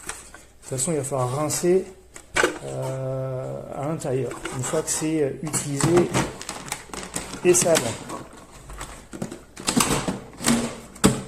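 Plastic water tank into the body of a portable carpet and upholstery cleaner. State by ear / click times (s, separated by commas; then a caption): seated / 11.0 s. The plastic water tank of a UWANT B200 portable carpet and upholstery steam cleaner (1900W) is put back into the body of the machine after being emptied and rinsed. Someone talks throughout, with scattered handling knocks. A sharp click at 11.0 s marks the tank snapping into place easily, without needing force.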